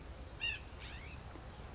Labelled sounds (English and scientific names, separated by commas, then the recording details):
Oak Titmouse (Baeolophus inornatus)
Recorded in Sonoma County, California